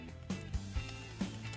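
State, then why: Not seated. A plastic zord piece is pushed into its slot on a toy megazord body, which is hard to get in, over steady background music. Short plastic handling knocks come at about 0.3, 0.6, 0.8 and 1.2 seconds. Nothing has seated or clicked yet when the clip ends.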